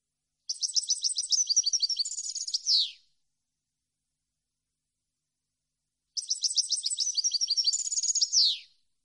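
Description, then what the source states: European goldfinch giving two matching phrases of fast, high chattering notes separated by a silent gap, each finished with a descending raspy flourish. Clean goldfinch song meant for birds to copy, for song training.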